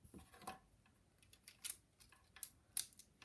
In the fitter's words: and they just click into place